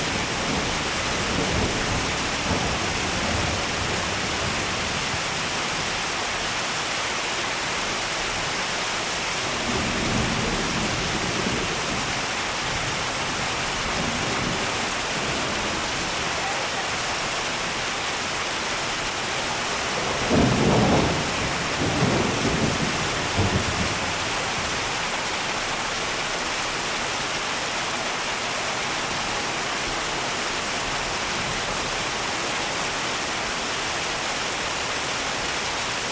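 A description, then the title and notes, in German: Steady, dense rain hisses throughout, with low rumbling thunder swelling faintly around ten seconds and more strongly near twenty-one seconds. Regen und Donner.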